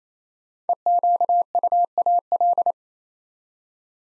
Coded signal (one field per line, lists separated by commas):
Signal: Morse code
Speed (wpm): 27 wpm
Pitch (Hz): 700 Hz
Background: none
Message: EQUAL